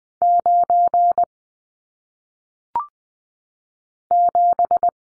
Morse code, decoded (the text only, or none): 9 7